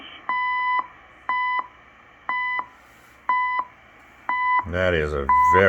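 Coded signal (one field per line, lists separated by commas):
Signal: radio time signal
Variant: CHU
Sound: six short steady 1 kHz beeps once per second, then a voice talks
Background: speech, radio static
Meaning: Each beep marks one second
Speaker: chu canada time signal [Music] [Music] 2 hours 49 minutes that is a very strong signal pretty amazing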